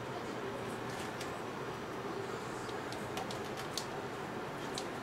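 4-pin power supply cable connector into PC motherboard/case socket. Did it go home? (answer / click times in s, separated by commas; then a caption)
yes / 3.8 s. A 4-pin power cable from the power supply is lined up with the socket holes and pushed into the PC motherboard/case socket until its plastic latch catches. Against a steady background hiss, a short sharp click is heard at 3.8 seconds, followed by a softer tick at about 4.8 seconds. The connector is seated.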